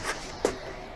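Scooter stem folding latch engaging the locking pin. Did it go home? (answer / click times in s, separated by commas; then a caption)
yes / 0.5 s. While folding an Ecoroad ES4 electric scooter, the stem is pushed forward and let drop until its folding latch locks onto a metal pin. A single sharp hit at 0.5 s marks the latch seating on the pin, preceded by a softer shuffling sound near 0.1 s. The latch is locked into place.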